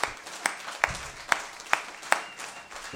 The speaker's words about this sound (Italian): Ora pare che Juan ha fatto un mese, come aveva detto, e ha smesso, però anche con loro io farei un grosso applauso per loro e un abbraccio, che non, anche se come se fossero qua.